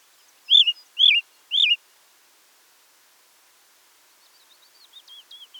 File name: Beflijster Turdus torquatus